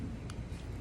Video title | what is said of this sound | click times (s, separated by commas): Top 3 most important tools you need as a field technician | you can hear it hit it now | 0.3 s